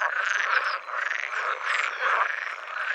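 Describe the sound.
Pool frog calling, a continuous nasal, rattling croak in pulsing waves.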